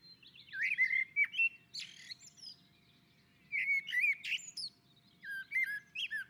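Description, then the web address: Common blackbird song: three mellow warbled phrases, each ending in high squeaky twitters, separated by short pauses. On a roof. "Naturinspelningar Koltrast på taket"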